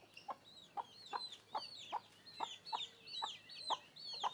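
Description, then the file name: Chicken clucks, short low notes repeated about every half second, with high thin chick peeps sweeping up and down between them. Hens and chicks walking around the microphone. "Galinhas e pintinhos andando em volta do microfone"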